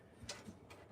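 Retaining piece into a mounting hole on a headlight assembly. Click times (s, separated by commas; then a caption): 0.3 s. A retaining piece is pushed back into its mounting hole on a Mercedes headlight assembly by hand. It pops in with a short, sharp tick at 0.3 s, with a fainter tick around 0.7 s, and the piece is seated.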